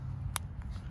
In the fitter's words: Oh, heard a click. Got a lock. Won't pull out. Beautiful.